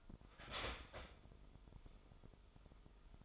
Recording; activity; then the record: daily activity, microphone in the room; start toaster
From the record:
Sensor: 5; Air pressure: 988.7 hPa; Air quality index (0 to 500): 234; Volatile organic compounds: 187 ppm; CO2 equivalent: 4170 ppm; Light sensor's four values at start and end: 39/123/48/51 and 39/123/48/51